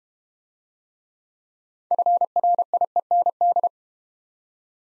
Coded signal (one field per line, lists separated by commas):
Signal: Morse code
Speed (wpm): 32 wpm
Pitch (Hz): 700 Hz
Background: none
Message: FRIEND